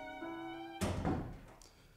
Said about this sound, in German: Kellner, schließen Sie die Tür.